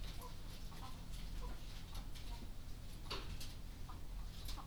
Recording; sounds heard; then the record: poultry house recording; sick chickens (respiratory disease)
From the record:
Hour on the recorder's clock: 20